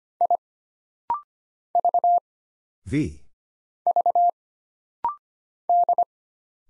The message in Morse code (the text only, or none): I V V D